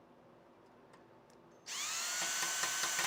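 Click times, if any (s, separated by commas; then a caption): none. A drill drives a screw into a plastic part while its worn driver bit cams out and slips in the screw head, stripping the bit rather than the plastic. After a quiet start with a faint tick near 0.9 s, the drill's high whine starts abruptly at about 1.6 s and runs to the end with rattling pulses. Nothing has seated or clicked yet.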